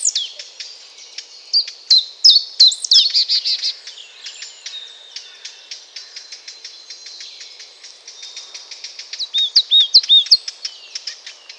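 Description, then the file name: Eurasian blackcap giving crisp clicking tack calls in loose runs, with bright twittering whistles among them. "Sylvia atricapilla"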